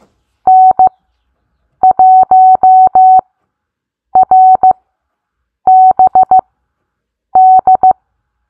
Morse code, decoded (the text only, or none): N1RBD